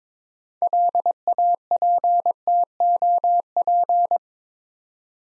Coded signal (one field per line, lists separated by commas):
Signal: Morse code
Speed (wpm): 22 wpm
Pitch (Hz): 700 Hz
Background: none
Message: LAPTOP